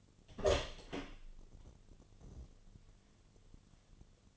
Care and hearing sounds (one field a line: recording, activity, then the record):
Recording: daily activity, microphone in the room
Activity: open door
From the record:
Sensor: 4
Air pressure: 1008.0 hPa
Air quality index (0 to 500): 180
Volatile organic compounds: 5 ppm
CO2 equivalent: 1803 ppm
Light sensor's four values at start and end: 25/79/30/29 and 23/73/28/26